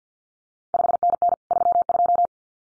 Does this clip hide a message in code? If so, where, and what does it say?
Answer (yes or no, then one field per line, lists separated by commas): yes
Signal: Morse code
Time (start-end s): 0.7-2.3 s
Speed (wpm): 50 wpm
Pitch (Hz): 700 Hz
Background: none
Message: 5NN 32